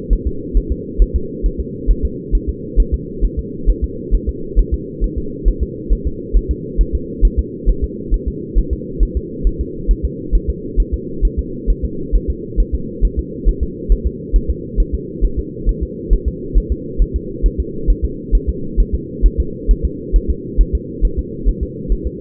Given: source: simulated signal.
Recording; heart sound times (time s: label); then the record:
fetal heart sounds
0.13 s: S1
0.27 s: S2
0.57 s: S1
0.72 s: S2
1.02 s: S1
1.16 s: S2
1.46 s: S1
1.60 s: S2
1.90 s: S1
2.05 s: S2
2.35 s: S1
2.49 s: S2
2.80 s: S1
2.94 s: S2
3.25 s: S1
3.39 s: S2
3.70 s: S1
3.84 s: S2
4.14 s: S1
4.29 s: S2
4.59 s: S1
4.74 s: S2
5.04 s: S1
5.18 s: S2
5.48 s: S1
5.63 s: S2
5.92 s: S1
6.07 s: S2
6.37 s: S1
6.51 s: S2
6.81 s: S1
6.95 s: S2
7.25 s: S1
7.39 s: S2
7.69 s: S1
7.84 s: S2
8.14 s: S1
8.28 s: S2
8.58 s: S1
8.73 s: S2
9.03 s: S1
9.17 s: S2
9.47 s: S1
9.61 s: S2
9.91 s: S1
10.05 s: S2
10.35 s: S1
10.50 s: S2
10.80 s: S1
10.94 s: S2
11.25 s: S1
11.39 s: S2
11.70 s: S1
11.84 s: S2
12.15 s: S1
12.30 s: S2
12.60 s: S1
12.75 s: S2
13.05 s: S1
13.19 s: S2
13.48 s: S1
13.63 s: S2
13.92 s: S1
14.07 s: S2
14.36 s: S1
14.50 s: S2
14.80 s: S1
14.95 s: S2
15.25 s: S1
15.39 s: S2
15.69 s: S1
15.83 s: S2
16.13 s: S1
16.28 s: S2
16.57 s: S1
16.72 s: S2
17.02 s: S1
17.16 s: S2
17.46 s: S1
17.60 s: S2
17.90 s: S1
18.05 s: S2
18.35 s: S1
18.49 s: S2
18.80 s: S1
18.95 s: S2
19.26 s: S1
19.40 s: S2
19.71 s: S1
19.85 s: S2
20.16 s: S1
20.30 s: S2
20.61 s: S1
20.75 s: S2
21.05 s: S1
21.19 s: S2
21.49 s: S1
21.63 s: S2
21.92 s: S1
22.07 s: S2
From the record:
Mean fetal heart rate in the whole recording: 135 bpm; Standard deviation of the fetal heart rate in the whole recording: 3 bpm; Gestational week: 36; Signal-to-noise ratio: -4.3 dB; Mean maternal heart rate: 72 bpm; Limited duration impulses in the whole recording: absent